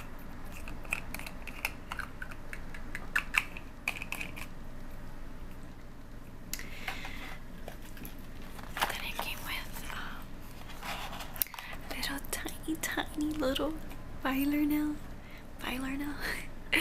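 Soft makeup sounds: light tapping and clicking in the first half, then crinkling handling noises and quiet whispered voice near the end.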